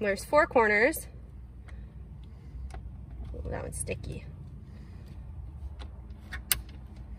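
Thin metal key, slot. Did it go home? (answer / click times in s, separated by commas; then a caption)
yes / 6.5 s. Someone talks while working another radio removal key into a corner release slot of the stock radio in a 2004 Audi, during an aux adapter install; the key is sticky at first. After some faint rubbing and small ticks, it gives a loud, sharp click at 6.5 s as it seats in the slot.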